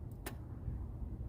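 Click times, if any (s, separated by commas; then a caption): 0.3 s. A small plastic clip or connector, probably an electrical connector, is pushed back onto an engine-bay fitting during cylinder head work on a 1981 Mustang with a 200 inline six. After a click failed to come on the first try, it is pushed on again. A faint tick at 0.1 s is followed by a sharp, bright snap at 0.3 s as it seats, over a low steady rumble.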